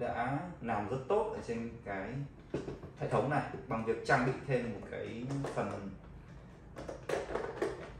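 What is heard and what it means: A scale filter is set in place in the base station of a Xiaomi Roborock S7 MaxV Ultra robot vacuum while someone talks, with two short hits near 7.4 and 7.6 seconds as the plastic part is set down and positioned. It is only resting in place, and nothing has seated or clicked yet.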